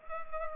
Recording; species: mosquito wingbeat signal from an infrared sensor; Culex pipiens